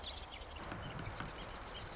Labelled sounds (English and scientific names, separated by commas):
Marsh Wren (Cistothorus palustris)